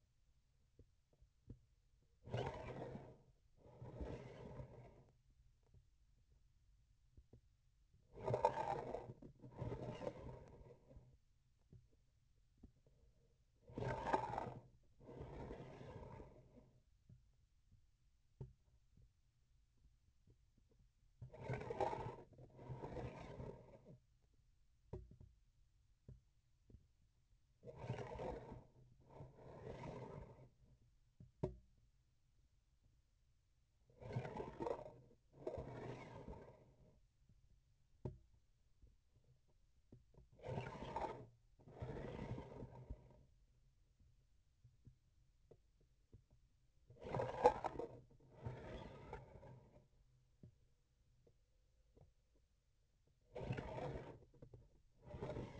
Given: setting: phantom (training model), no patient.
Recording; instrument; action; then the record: laparoscopic instrument, vibration sensor on the handle end; grasping forceps; approaching and retracting movements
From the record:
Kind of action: spatial motion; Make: other than Olympus